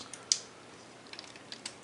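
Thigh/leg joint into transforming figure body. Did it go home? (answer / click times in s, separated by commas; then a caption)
yes / 0.3 s. A leg or thigh joint of a die-cast and plastic DX YF-29 Durandal transforming figure from Macross Frontier is set at a 45-degree angle and pushed into the body until it locks. A sharp click sounds at 0.3 s as the joint locks into place, followed by softer handling clicks around 1.5 s and 1.7 s against a quiet background.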